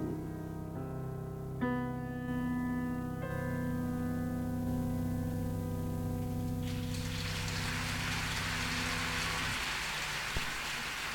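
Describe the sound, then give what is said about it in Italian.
Sustained musical notes hold and fade as a dense wash of live audience applause swells in, continuing loud and steady with crowd noise until the end, no voices speaking. “E su questo pezzo, tra l'altro, come potete sentire dagli applausi dal vivo”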